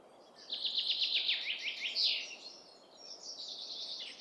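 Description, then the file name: Common chaffinch song: a rapid descending series of clear, high notes ending in a flourish, followed by a fainter high twittering. "Fringilla coelebs"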